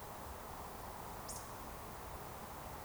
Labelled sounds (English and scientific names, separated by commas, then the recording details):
Eurasian Woodcock (Scolopax rusticola) whistle
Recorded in Baden-Württemberg, Germany, on 14 June 2020 at 20:15 UTC
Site 43791, 788 m above sea level